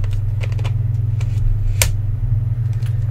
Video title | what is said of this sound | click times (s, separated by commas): How to change a lens | you'll hear it click just check it just make sure it's in the tight it should be if you've heard it click | 1.8 s